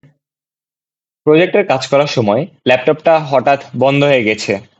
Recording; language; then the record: elicited speech; Bengali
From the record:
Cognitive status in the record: cognitively healthy